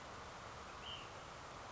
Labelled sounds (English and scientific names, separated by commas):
Ash-throated Flycatcher (Myiarchus cinerascens)